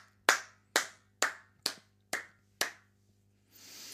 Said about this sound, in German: So, super, hier, toll, da stehe ich auf. Da stehe ich auf und muss klatschen, ganz ehrlich.